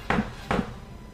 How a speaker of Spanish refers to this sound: Tocaron la puerta tres veces.